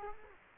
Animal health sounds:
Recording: mosquito wingbeat signal from an infrared sensor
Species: Culex quinquefasciatus

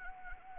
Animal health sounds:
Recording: mosquito wingbeat signal from an infrared sensor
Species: Anopheles arabiensis

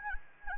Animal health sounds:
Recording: mosquito wingbeat signal from an infrared sensor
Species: Anopheles gambiae

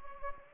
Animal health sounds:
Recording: mosquito wingbeat signal from an infrared sensor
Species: Anopheles gambiae

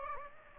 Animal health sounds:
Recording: mosquito wingbeat signal from an infrared sensor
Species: Aedes aegypti

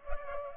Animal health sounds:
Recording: mosquito wingbeat signal from an infrared sensor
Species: Culex pipiens

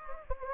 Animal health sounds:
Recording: mosquito wingbeat signal from an infrared sensor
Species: Anopheles gambiae

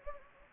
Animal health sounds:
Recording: mosquito wingbeat signal from an infrared sensor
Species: Anopheles gambiae

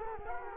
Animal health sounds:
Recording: mosquito wingbeat signal from an infrared sensor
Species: Culex quinquefasciatus

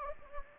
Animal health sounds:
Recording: mosquito wingbeat signal from an infrared sensor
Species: Anopheles gambiae

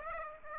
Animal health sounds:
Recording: mosquito wingbeat signal from an infrared sensor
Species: Aedes aegypti

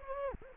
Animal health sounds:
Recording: mosquito wingbeat signal from an infrared sensor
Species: Anopheles gambiae

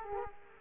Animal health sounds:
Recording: mosquito wingbeat signal from an infrared sensor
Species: Culex quinquefasciatus

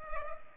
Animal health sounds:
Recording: mosquito wingbeat signal from an infrared sensor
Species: Culex pipiens

